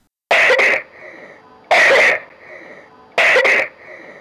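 Three short, harsh dry coughs from an adult, about 1.4 seconds apart, each a quick double burst with no gurgling or rattling in between: a non-productive cough without the sound of moving mucus.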